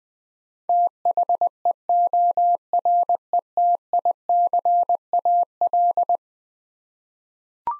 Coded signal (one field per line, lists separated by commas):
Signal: Morse code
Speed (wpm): 21 wpm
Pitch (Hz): 700 Hz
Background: none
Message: THEORETICAL